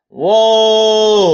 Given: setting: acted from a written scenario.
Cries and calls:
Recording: vocal sound without words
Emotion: elation

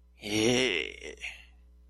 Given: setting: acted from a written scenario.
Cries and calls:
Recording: vocal sound without words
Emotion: triumph

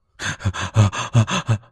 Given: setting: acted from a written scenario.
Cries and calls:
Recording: vocal sound without words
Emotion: distress

